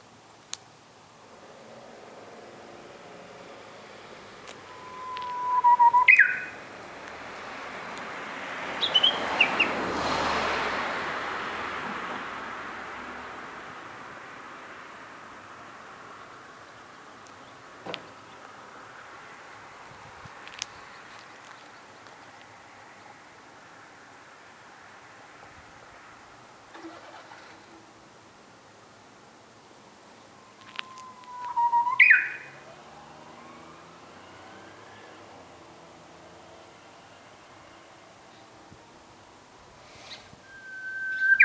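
A Japanese bush warbler sings twice, near 6 and 32 seconds, each song a held clear whistle that breaks into a quick rising flourish. Between the songs a soft rushing swell, like a passing car, peaks around 10 seconds, with scattered faint taps.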